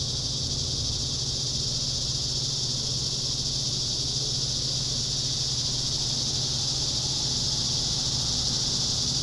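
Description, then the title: Cicadas sustaining a bright, steady, sizzling drone throughout, with a low background hum and some rumbling noise. Summer cicadas. "neoscenes: summer cicadas"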